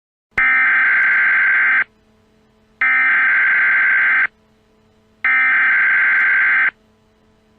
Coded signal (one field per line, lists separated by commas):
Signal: Emergency Alert System (SAME) tones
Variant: header bursts